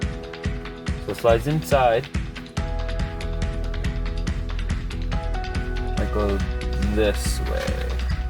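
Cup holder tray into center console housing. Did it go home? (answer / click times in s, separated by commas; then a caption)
no / none. A repaired plastic card/cup holder tray from an Audi A4 B7 is handled and slid inside toward its slot in the center console housing, with light plastic ticks and rustles while someone talks over steady background music. The tray has not yet clicked into place; nothing has seated by the end of the clip.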